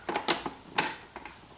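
A proprietary high-pressure hose fitting is pushed into the outlet port of a Giraffe Tools 1600 PSI electric pressure washer. A few light plastic knocks and taps come first, then a sharp click at 0.8 s as the fitting latches and seats. Another short tap follows near the end.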